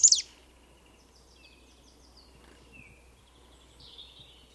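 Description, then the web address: Bird gives one loud sharp chirp at the start, then several faint short whistled and slurred notes over a quiet background hiss. "Bird Only"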